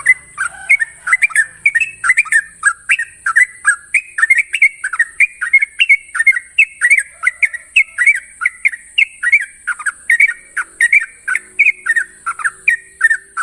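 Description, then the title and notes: Yellow-vented Bulbul giving a long chattering chain of quick warbled notes, evenly spaced and unbroken, with a steady high hiss behind. Training master of long-trill singing, a song style called ropel panjang. "Masteran Trucukan Ropel Panjang. Kicau Burung Trucukan"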